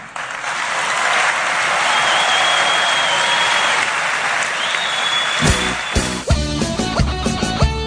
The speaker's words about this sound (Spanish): Ahí hubo ovación, ¿sí?